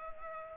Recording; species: mosquito wingbeat signal from an infrared sensor; Culex pipiens